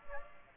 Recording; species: mosquito wingbeat signal from an infrared sensor; Aedes aegypti